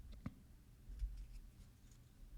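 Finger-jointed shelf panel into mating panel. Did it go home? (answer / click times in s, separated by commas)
no / none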